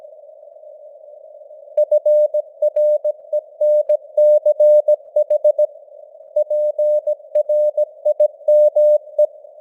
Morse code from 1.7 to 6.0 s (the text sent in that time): FRENCH